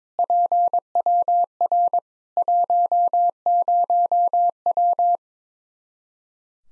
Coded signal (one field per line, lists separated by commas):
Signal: Morse code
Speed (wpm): 22 wpm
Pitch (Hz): 700 Hz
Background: none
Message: PWR 10W